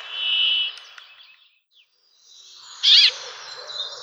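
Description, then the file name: Brambling giving a long, flat, nasal buzzing note, followed after a pause by a short harsh burst and faint background chirps. "Kvaekerfinke"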